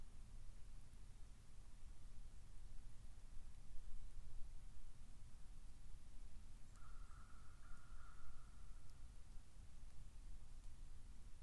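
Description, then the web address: Cuban ivory-billed woodpecker calling once with a single drawn-out, nasal, tin-horn-like note partway through, against continuous low-pitched background noise. "sound cuban-ivory-billed-woodpecker. دانلود-صدای-دارکوب-نوک-عاجی"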